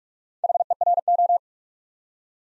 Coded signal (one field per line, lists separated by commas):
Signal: Morse code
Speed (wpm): 44 wpm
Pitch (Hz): 700 Hz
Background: none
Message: HERO